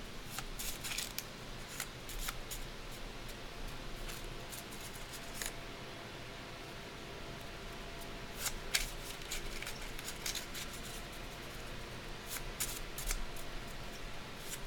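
Candle dressing with shuffling and cutting: short, crisp snips and rustles scattered throughout, clustered around the start and end, over a steady low hum.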